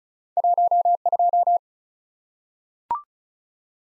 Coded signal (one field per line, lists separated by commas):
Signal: Morse code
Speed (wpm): 36 wpm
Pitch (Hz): 700 Hz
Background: none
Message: 1 2